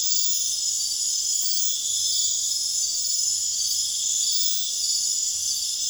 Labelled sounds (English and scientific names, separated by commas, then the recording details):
none
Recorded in pastures near Puerto Asís, Putumayo, Colombia, on 29 June 2025 at 23:00
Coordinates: 0.502, -76.324
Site G010